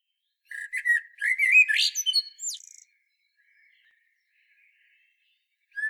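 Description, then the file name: Common blackbird singing one phrase: a few low whistled notes, then a squeaky high twitter, followed by about three seconds of near silence. "Turdus merula"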